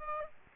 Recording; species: mosquito wingbeat signal from an infrared sensor; Aedes aegypti